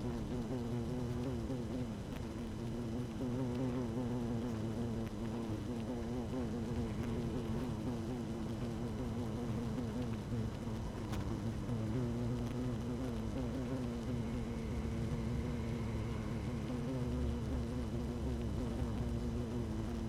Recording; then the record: honeybee colony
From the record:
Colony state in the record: active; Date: 12 June 2018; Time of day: 17:43